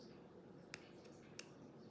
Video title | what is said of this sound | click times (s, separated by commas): Making The World's First Real GameSphere - Video and Memory | And there's an actual tool to do this, but I just use a pair of pliers, push it in until it clicks. | 1.4 s